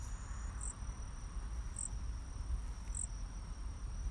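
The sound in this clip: Cricket chirping: short, high chirps about once every second over a steady high whine and a constant low rumble.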